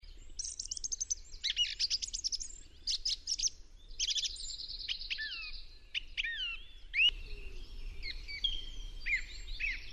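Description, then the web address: Song thrush song, a rapid jumble of high, varied chirps, trills and whistled slurs packed closely together, with a faint low rumble underneath. "chant Grive musicienne"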